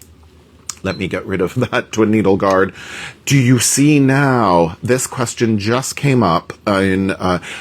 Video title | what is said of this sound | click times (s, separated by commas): Skyline S6! | Now, when I snap in this straight stitch needle plate and clicked in place, | 0.7 s